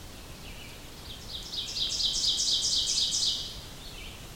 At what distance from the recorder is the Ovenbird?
about 25 m